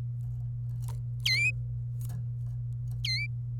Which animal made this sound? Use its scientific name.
Serinus canaria